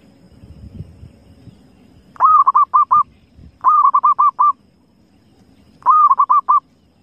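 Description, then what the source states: Zebra dove giving three rapid cooing phrases, each a drawn-out first note followed by a string of short beats, spaced a second or two apart over a soft low hum. Lure call used for trapping zebra doves.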